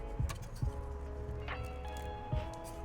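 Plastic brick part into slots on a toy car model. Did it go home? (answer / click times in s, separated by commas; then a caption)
no / none. A plastic LEGO part is pushed into its slots on the Set 76328 Classic TV Series Batmobile car model. Only a few dull low thuds are heard at about 0.2, 0.6 and 2.3 seconds over a steady tonal background. The part has not clicked in yet.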